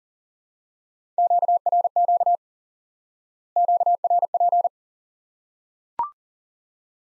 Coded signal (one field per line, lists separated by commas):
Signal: Morse code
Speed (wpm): 40 wpm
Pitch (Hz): 700 Hz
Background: none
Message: QRQ QRP